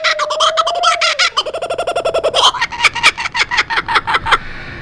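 Kookaburra laughing: a fast run of harsh, rhythmic chuckles with a brief tonal note at the start, the pulses slowing toward the end.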